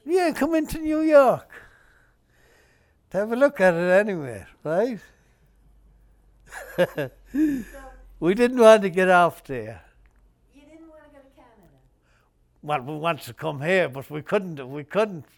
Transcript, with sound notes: Yeah, come into New York, to have a look at it anyway. Right? [Laughs] We didn't want to get off there.
You didn't want to go to Canada?
Well, we wanted to come here, but if we couldn't, we couldn't.